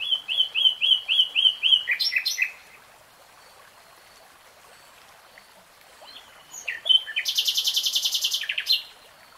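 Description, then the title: Nightingale song: a fast run of repeated chirped notes, then a pause, then a loud buzzy rattling phrase of rapid high notes. Nightingale singing in real time. "[Tiếng chim hót] 3 Hours REALTIME Nightingale Singing"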